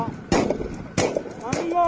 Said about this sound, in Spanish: Y una multitud que está corriendo entonces al enfrentamiento con los efectivos policiales. Se escuchan las detonaciones, el humo de fondo, y el fondo que ustedes tienen es la parte del predio que ha quedado incendiada.